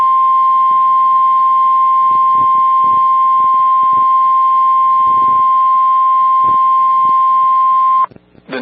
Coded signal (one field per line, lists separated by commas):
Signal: Emergency Alert System (SAME) tones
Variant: 1050 Hz attention tone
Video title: Tornado Warning (4/17/26) [EAS #394]